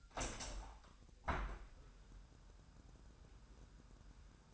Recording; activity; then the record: daily activity, microphone in the room; open window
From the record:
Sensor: 2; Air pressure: 1000.2 hPa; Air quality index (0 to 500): 239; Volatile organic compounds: 77 ppm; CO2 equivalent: 3584 ppm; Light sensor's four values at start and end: 8/20/8/8 and 9/21/9/9